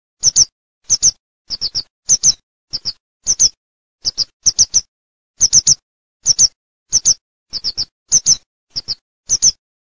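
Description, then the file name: Grey wagtail giving sharp, very high, thin call notes, usually in quick pairs or triplets, repeated at regular short intervals against silence. "BALLERINAGIALLAk"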